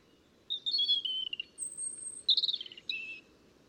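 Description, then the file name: European robin singing two varied phrases of warbled, trilled notes, with a thin high whistle between them and short pauses. "Erithacus rubecula"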